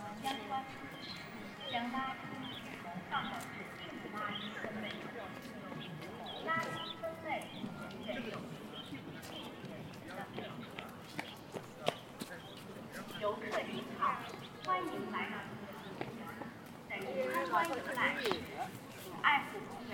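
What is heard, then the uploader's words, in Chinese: Busy crowd sound at Ditan in Beijing, with many voices talking over one another throughout. Short clicks and knocks scatter across the clip, and brighter bursts of chatter rise around the middle and again near the end. 城市声音。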